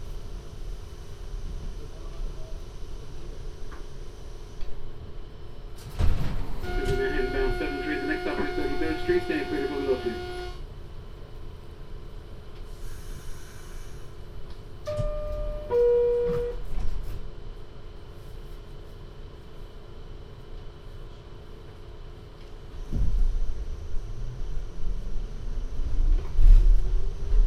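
A binaural ride on the MTA, with a steady low rumble and hum throughout. Around six seconds a loud tonal squeal with a buzzing edge holds for about four seconds, then a two-note chime sounds near fifteen seconds. Near the end, a motor whine climbs as the train picks up speed.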